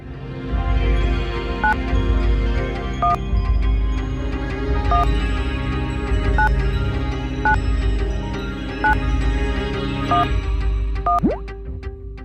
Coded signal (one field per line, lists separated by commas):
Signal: DTMF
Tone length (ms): 130 ms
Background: music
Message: 9 1 1 9 9 9 1 1